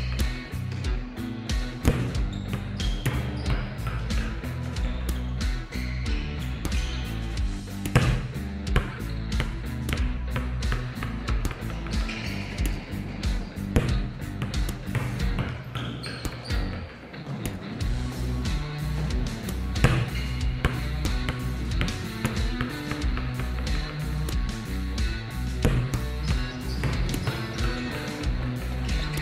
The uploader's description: volleyball spikes + bounce